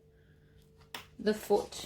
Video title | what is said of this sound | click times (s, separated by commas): Naked Billy Bowler Bag sewing Tutorial | and then clip or click on | 0.9 s